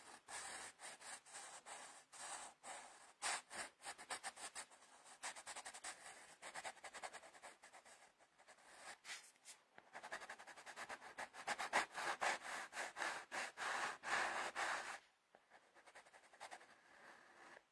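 A pencil scratches across paper in quick strokes, a dry hissy rustle that rarely stops. The strokes grow denser and louder from about ten to fifteen seconds, then break off briefly before lighter, sparser scribbling resumes.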